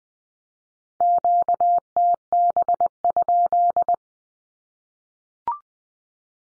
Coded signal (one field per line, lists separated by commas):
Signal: Morse code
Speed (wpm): 20 wpm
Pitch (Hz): 700 Hz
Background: none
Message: QTB?